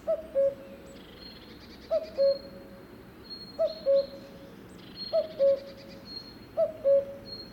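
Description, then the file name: Cuckoo calls in pairs of notes, the first higher, repeated five times, with long high thin whistles from another bird. "minutes of cuckoos"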